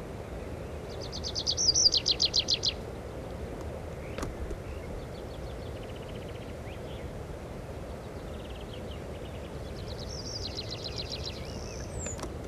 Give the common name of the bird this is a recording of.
Tree Pipit